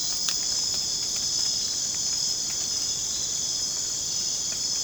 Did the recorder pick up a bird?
no